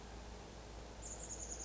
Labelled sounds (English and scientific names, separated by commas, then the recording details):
Chestnut-backed Chickadee (Poecile rufescens)
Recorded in Sonoma County, California